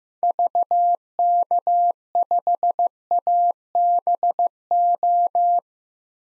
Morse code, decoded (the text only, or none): VK5ABO